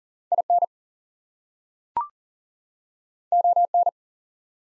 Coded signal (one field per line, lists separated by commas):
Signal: Morse code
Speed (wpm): 39 wpm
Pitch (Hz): 700 Hz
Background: none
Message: IN ON